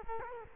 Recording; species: mosquito wingbeat signal from an infrared sensor; Culex quinquefasciatus